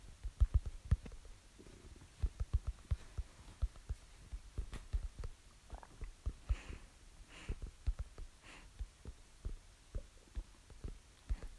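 Irregular low thumps and brief gurgles from an adult's stomach: ordinary hunger rumbling, a normal digestive sound.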